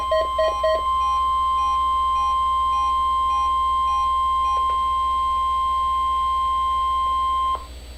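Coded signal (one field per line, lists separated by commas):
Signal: Emergency Alert System (SAME) tones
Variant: 1050 Hz attention tone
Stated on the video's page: Real NOAA weather radio test; a WR 100 weather radio alarmed for the test.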